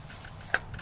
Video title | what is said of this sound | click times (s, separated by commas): Daihatsu Hijet KEI TRUCK Spark Plug Change - @JCMFix | There you go. You gotta hear that click. If you don't hear that click, it's not in there. | 0.5 s